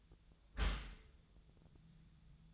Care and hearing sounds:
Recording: daily activity, microphone in the room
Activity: close dishwasher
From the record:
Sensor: 3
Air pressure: 1004.6 hPa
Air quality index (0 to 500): 102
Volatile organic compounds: 4 ppm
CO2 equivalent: 1600 ppm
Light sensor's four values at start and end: 7/17/7/6 and 7/17/7/6

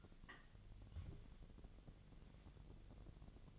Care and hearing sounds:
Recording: daily activity, microphone in the room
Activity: take from stove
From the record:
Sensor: 4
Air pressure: 1000.8 hPa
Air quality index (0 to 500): 127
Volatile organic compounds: 1 ppm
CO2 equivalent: 954 ppm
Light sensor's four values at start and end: 40/98/41/45 and 40/98/41/45

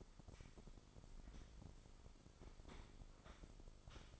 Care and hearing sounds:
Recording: daily activity, microphone in the room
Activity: sweep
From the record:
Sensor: 5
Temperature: 24.6 degrees Celsius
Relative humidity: 32.2%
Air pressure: 996.1 hPa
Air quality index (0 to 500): 100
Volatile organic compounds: 6 ppm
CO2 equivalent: 1921 ppm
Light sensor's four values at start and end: 43/105/43/46 and 44/105/43/46

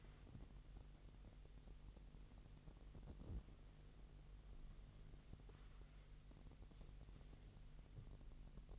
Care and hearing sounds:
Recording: daily activity, microphone in the room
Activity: wipe stove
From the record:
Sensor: 4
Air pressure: 1001.8 hPa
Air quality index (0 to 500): 248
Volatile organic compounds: 41 ppm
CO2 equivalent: 3166 ppm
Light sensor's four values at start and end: 8/19/7/7 and 8/18/7/7

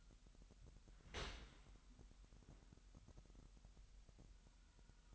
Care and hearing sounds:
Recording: daily activity, microphone in the room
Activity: open dishwasher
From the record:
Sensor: 3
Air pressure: 998.2 hPa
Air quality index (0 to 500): 151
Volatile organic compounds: 5 ppm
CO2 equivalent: 1810 ppm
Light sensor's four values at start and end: 13/38/15/14 and 13/38/15/14

